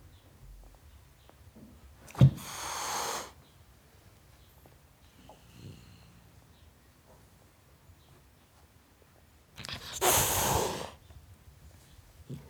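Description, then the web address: Domestic cat hissing: two harsh, breathy bursts of about a second each, several seconds apart, with quiet background in between. Tom cat hissing at a dog. "BBC Sound Effects Library. Tom Cat Hissing At Dog"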